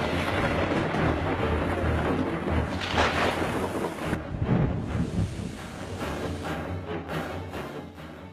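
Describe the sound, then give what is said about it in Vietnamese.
Heavy rain pours in a steady, dense hiss while deep rumbles of thunder roll underneath, with a louder crack and boom swelling midway through; no voices are heard. “Bỏ lại sau lưng là cơn mưa tầm tã, sấm sét rạch ngang trời”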